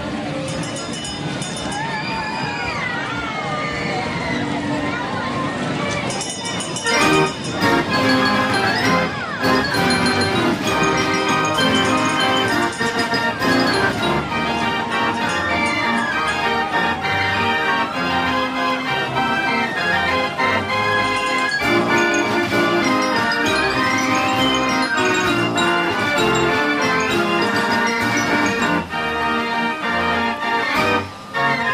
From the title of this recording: Fairground Sounds